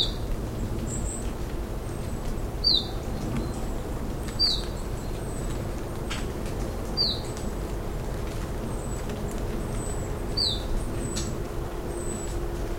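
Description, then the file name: Iberian chiffchaff repeating brief, high, descending notes at uneven intervals of about two to three and a half seconds, with faint high chirps and a low rumbling background. "iberischer zilpzalp"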